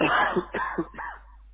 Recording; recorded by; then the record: voluntary cough; telephone call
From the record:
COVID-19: positive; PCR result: self-reported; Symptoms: yes